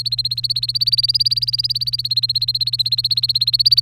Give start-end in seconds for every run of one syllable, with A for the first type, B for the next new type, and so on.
0.00-3.81 A